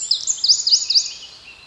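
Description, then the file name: Eurasian wren giving a short fragment of high, twittering notes in quick succession, fading out within about a second. "Troglodytes troglodytes"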